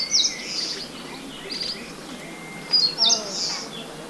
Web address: Eastern Crowned Warbler Song 120415 Guangxi Shanli. pouillot de temminck phylloscopus coronatus